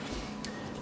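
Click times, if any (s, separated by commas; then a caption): 0.4 s. The small plastic memory card slot door on a Sony PCM-D50 handheld audio recorder, a sturdy door, is pushed closed over a steady low background. It latches with a short, bright click at 0.5 s, locking into position.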